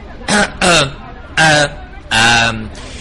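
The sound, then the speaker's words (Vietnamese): A driver clears his throat in four short, moderately loud voiced bursts with falling pitch, separated by brief pauses, the last one longer and drawn out. “Tài xế gào lên, nhưng lập tức cảm thấy có phần thất thố, bèn hắng giọng rồi nói.”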